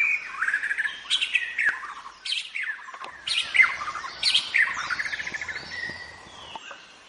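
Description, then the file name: White-rumped shama singing loud, rich phrases that mix clear whistles, sharp upward sweeps and fast buzzy trills, delivered in bursts with brief pauses between them. Forest white-rumped shama, called 'murai batu hutan'. "suara muraibatu hutan omkicau"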